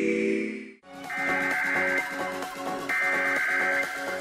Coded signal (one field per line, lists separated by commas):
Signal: Emergency Alert System (SAME) tones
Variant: header bursts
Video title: Iowa PBS EAS Required Weekly Test (January 16, 2020)